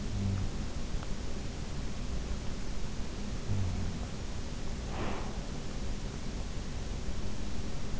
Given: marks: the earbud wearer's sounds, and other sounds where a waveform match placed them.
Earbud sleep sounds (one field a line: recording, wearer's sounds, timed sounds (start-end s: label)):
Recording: sounds in sleep by an in-ear microphone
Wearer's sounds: breath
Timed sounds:
0.00-0.57 s: sound from someone else or the room
3.30-4.13 s: sound from someone else or the room
4.68-5.48 s: breath